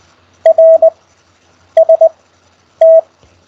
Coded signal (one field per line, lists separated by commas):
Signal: Morse code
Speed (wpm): 20 wpm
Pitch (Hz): 650 Hz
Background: none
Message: RST